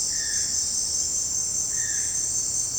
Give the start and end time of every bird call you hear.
0.05s-0.52s: bird call
1.68s-2.33s: bird call

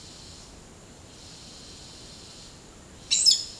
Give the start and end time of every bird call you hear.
3.05s-3.53s: bird call

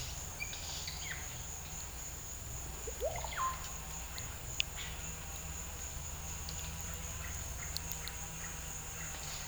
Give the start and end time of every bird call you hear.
0.00s-1.24s: bird call
2.86s-3.60s: bird call

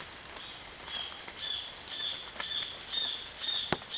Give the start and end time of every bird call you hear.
0.86s-3.97s: bird call

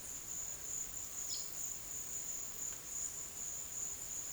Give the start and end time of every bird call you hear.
1.18s-1.46s: bird call

